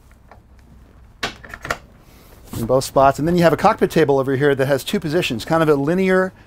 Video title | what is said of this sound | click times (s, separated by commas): Beneteau Antares 11 (36') Walkthrough, Maneuvering, and details. | aft set tee that's on track so you basically can just slide it back and it locks into place | 1.2 s